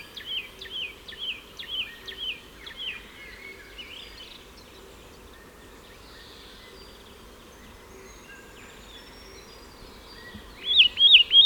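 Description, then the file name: Satin flycatcher calling in bursts of repeated rising, hooked whistles, a run at the start and another loud run near the end, with a quiet gap between. "Myiagra Cyanoleuca"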